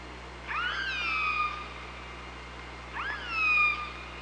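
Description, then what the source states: Killer whale calls, two rising, then level harmonic calls roughly two and a half seconds apart, the second louder, against a continuous hiss. Recorded on the OrcaLab hydrophone, 24 August 2017, around 05:45.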